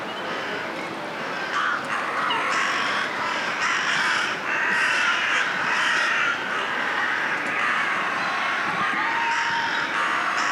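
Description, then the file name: Crows in a dense cawing chorus, many harsh overlapping caws from several birds at once. A chorus of crows calling together. "Un choeur de corbeaux"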